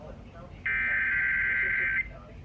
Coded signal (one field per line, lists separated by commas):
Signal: Emergency Alert System (SAME) tones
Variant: header bursts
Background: speech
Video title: EAS EAS #949 Tornado Warning